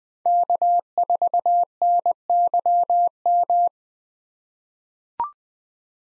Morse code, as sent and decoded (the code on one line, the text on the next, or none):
-.- ....- -. -.-- --
K4NYM